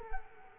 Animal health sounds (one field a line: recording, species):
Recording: mosquito wingbeat signal from an infrared sensor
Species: Culex quinquefasciatus